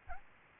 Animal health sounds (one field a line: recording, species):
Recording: mosquito wingbeat signal from an infrared sensor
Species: Aedes albopictus